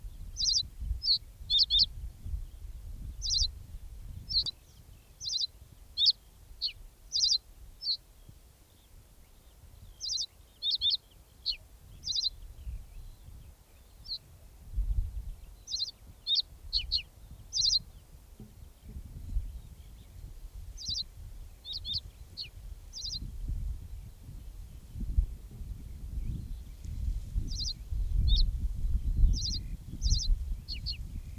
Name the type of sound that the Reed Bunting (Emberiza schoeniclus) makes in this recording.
song